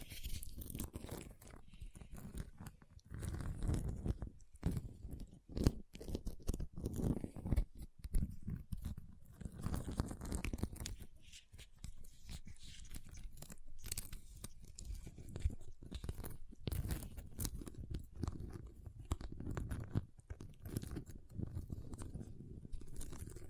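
Ice being tapped, scratched and carved in dense, irregular crunchy bursts, with quick sharp clicks and a low rumbling undertone throughout.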